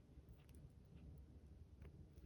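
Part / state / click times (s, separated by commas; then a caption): red jumper wire connector onto controller board pin / not seated / none. A red jumper wire connector is handled at a pin on a controller board. Low, steady rumble fills the clip, with faint brief rustles and ticks around 0.5 s, 1.0 s and 1.8 s. Nothing has seated or clicked yet.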